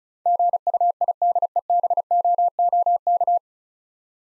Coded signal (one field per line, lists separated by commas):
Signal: Morse code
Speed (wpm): 36 wpm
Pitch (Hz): 700 Hz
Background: none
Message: GUIDEBOOK